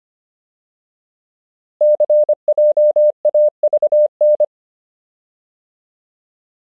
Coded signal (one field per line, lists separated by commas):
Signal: Morse code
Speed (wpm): 25 wpm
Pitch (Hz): 600 Hz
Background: none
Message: CJAVN